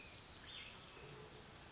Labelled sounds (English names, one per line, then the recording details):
Cassin's Vireo
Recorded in Sonoma County, California